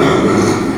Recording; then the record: squeal of a Yucatan mini pig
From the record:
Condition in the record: after surgery on the right vocal fold (resection and tissue-engineered implant); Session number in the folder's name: 2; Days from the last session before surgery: 13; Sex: male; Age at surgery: 12 weeks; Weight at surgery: 13 kg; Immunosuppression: cyclosporine, prednisolone